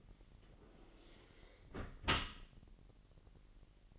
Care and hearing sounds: daily activity, microphone in the room; close dishwasher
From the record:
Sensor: 4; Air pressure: 1001.5 hPa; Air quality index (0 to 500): 248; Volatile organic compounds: 41 ppm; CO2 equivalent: 3166 ppm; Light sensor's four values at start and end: 8/18/7/6 and 8/18/7/6

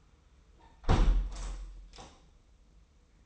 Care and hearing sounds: daily activity, microphone in the room; close window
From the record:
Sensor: 1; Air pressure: 990.3 hPa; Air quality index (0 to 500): 167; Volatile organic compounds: 1000 ppm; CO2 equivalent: 6116 ppm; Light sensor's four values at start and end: 21/48/21/22 and 21/46/20/21

